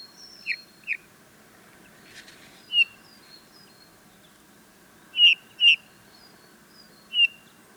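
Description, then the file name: Eurasian bullfinch giving soft piping notes, two early, then a single, a pair and another single, with a brief rustle and faint high whistles. "Pyrrhula pyrrhula"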